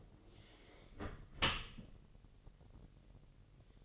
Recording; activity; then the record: daily activity, microphone in the room; close dishwasher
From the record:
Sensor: 4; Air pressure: 1001.2 hPa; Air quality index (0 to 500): 248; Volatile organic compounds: 45 ppm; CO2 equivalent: 3228 ppm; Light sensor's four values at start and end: 8/18/7/6 and 8/17/7/6